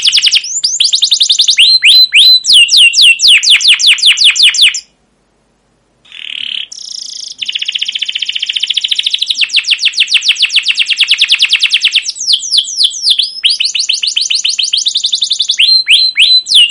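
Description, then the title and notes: Canary song with rapid chirping phrases and dense buzzy trills, pausing briefly after about five seconds before resuming with fast, varied repeated notes. Canary song with emotional "cuit cuit" chirps, used as a lure to stimulate other canaries and as a master tutor for young canaries learning sounds. "CUIT CUIT NGEROL LANGSUNG GACOR PANJANG Kenari Ini AMPUH Utk Pancingan KENAR. PANCINGAN Kenari GACOR PANJANG Cuit CUIT EMOSI ini AMPUH utk MASTERAN Kenari PAUD belajar BUNYI. burung kenari"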